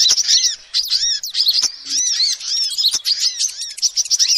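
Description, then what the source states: Lovebird calls pour out as an almost unbroken stream of sharp, squeaky chirps and curved whistled notes, with a couple of faint taps. Lovebird calls used as a lure (pikat) for trapping birds.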